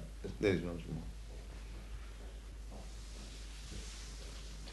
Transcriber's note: none